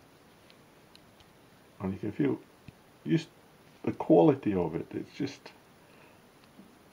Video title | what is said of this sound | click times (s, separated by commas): The ultimate geek's knife | really nice just to move unless it snaps in place so | 0.5 s, 1.0 s